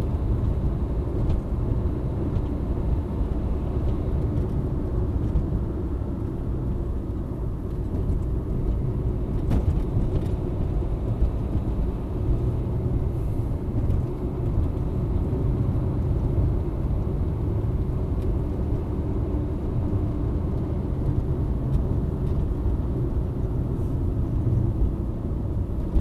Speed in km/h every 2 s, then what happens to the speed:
73, 74, 74, 64, 61, 65, 68, 70, 73, 75, 75, 70, 63.
0-5 steady at about 74. 5-8 brakes to 61. 8-20 speeds up to 75. 20-26 slows to 63.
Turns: none.